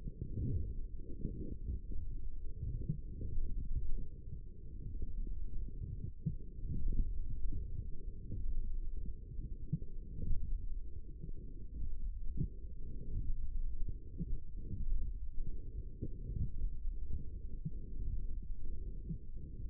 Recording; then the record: forearm muscle sounds (acoustic myography)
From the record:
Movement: forearm supination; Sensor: system 1, eight BSWA MPA416 microphones around the upper forearm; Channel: 3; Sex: female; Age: 22 years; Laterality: right